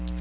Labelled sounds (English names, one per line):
Magnolia Warbler flight call